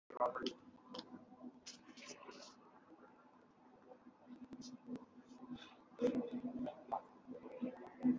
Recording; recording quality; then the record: shallow breathing; poor, much background noise or distortion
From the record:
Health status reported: exposed to COVID-19, no respiratory illness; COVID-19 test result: negative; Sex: female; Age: 45 years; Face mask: not worn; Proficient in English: yes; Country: India